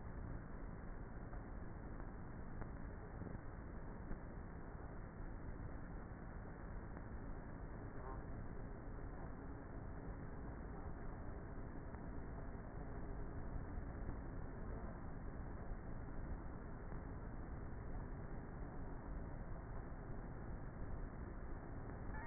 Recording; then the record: honeybee colony, microphone inside the hive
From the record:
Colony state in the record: queenless with a low population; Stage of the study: before two queens were removed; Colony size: about 30,000 bees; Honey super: no